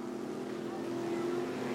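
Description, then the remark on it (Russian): A steady, droning roar of motorboat engines racing on a bay, a low humming tone holding constant with a broad wash of noise above, continuous and fairly loud with no pauses. “Но это шум моторок.”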